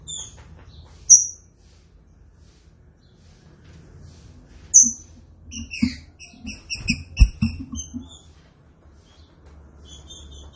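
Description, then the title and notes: Green-winged saltator singing: loud downslurred whistles, then a rapid string of bright repeated notes with soft low knocks, ending with faint thin whistles. Training recording of the classic song style (canto clássico). "Canto Clássico Trinca Ferro TREINAMENTO. trinca fero"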